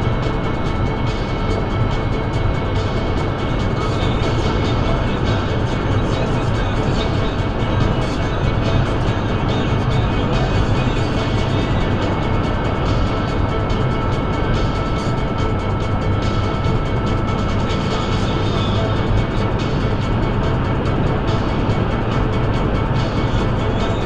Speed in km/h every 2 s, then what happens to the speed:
137, 138, 138, 140, 142, 142, 140, 142, 140, 143, 143, 145.
0-24 steady at about 140.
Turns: none.